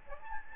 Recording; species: mosquito wingbeat signal from an infrared sensor; Aedes albopictus